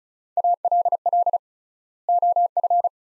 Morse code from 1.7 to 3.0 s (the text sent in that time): OF